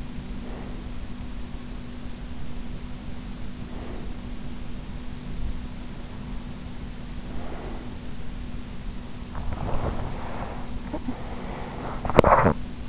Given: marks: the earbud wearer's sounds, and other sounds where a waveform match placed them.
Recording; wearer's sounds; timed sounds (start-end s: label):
sounds in sleep by an in-ear microphone; breath, body movement, teeth grinding
0.00-1.65 s: breath
2.94-5.01 s: breath
7.05-8.40 s: breath
9.57-12.09 s: body movement
12.04-12.89 s: teeth grinding